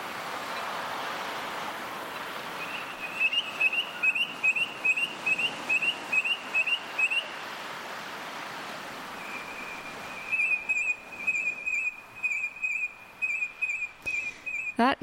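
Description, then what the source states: Noisy miner calls: a rapid series of short, sharp, high piping notes in quick bursts, then a second run of repeated notes after a pause, over steady background hiss. Played on air.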